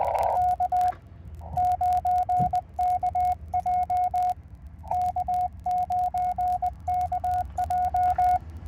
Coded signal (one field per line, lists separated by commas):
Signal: Morse code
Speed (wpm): 20 wpm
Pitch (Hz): 720 Hz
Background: radio noise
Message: K9KJ K9KJ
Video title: Is POTA a "gateway" into contesting? +POTA activation US-4206